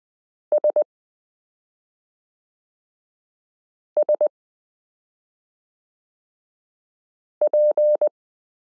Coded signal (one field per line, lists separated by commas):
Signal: Morse code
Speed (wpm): 20 wpm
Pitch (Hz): 600 Hz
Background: none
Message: SSP